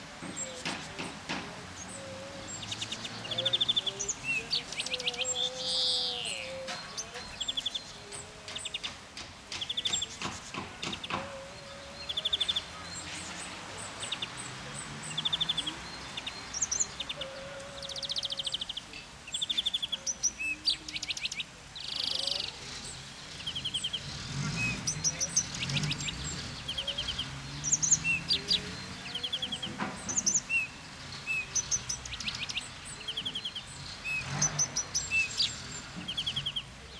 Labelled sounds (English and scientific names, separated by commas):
European Greenfinch (Chloris chloris) song